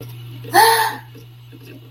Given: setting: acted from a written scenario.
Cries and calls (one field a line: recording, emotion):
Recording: vocal sound without words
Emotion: positive surprise